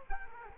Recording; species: mosquito wingbeat signal from an infrared sensor; Culex quinquefasciatus